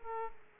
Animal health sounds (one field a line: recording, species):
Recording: mosquito wingbeat signal from an infrared sensor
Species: Aedes aegypti